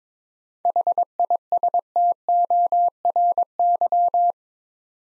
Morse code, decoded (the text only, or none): HISTORY